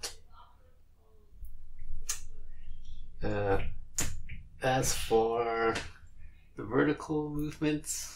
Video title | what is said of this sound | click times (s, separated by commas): Monorail large format cameras are cheap and great for beginners - Linhof Kardan LT | is a zero detent on this so it snaps into place right there | 2.1 s